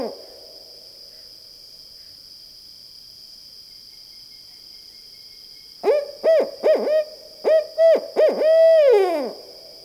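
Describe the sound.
Barred owl hooting: after a faint opening note and a quiet stretch with a steady electronic whine, a quick run of rising-falling hoots ends in one long, drawn-out descending hoot.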